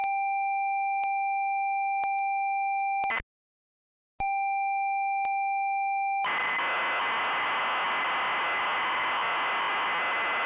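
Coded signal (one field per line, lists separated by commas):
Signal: ZX Spectrum tape loading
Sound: steady buzzy lead tone with faint clicks, brief silence, tone again, then harsh screeching data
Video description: this video shows the tape loading and execution the Jetpac game in MSX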